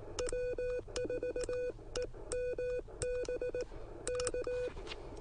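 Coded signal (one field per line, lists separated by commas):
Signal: Morse code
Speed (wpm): 18 wpm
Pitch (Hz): 500 Hz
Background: none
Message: W4EMB K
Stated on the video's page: CW parks activation with short contacts, using an Elecraft KX1 and Penntek TR45L.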